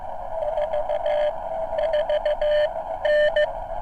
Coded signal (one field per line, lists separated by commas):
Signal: Morse code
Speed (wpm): 15 wpm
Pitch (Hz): 600 Hz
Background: radio noise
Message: 44N